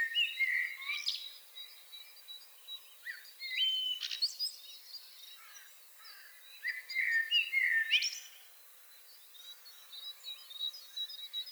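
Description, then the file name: Common blackbird song: fluty, warbling phrases with squeaky high twitters, given several times with short pauses. "Turdus merula"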